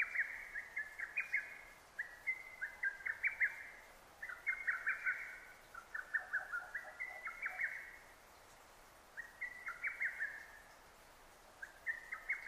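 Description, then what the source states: Lesser cuckoo song: rapid, staccato phrases of sharp whistled notes, repeated with short pauses over a quiet background. Recorded 6 June 2009.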